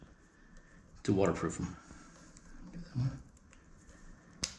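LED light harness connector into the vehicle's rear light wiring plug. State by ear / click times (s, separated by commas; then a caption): seated / 4.4 s. On a Can-Am Spyder F3 three-wheel motorcycle, the plug-and-play harness connector for aftermarket TricLed rear LED lights is pushed into the vehicle's rear light wiring plug while someone talks. A single sharp snap comes at 4.4 s as the connector seats in place.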